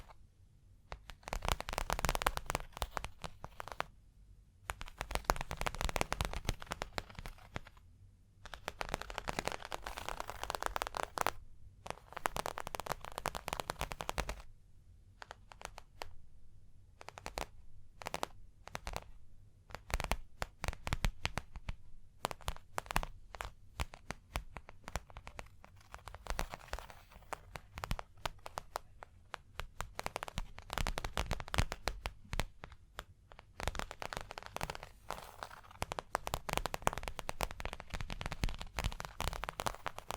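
Rapid tapping and scratching on a surface comes in dense, crackling bursts of sharp clicks. Runs of a few seconds are broken by brief pauses, most clearly in the first fifteen seconds, before the clicking settles into a more continuous, busy stream toward the end.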